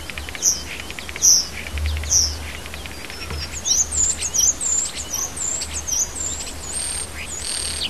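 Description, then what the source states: Birds chirping: sharp high chips near the start, then a run of thin, rapid, rising and falling high notes, with a steady low hum beneath. Native birds in a hedge, recorded in March.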